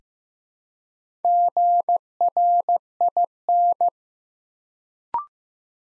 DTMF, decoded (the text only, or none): none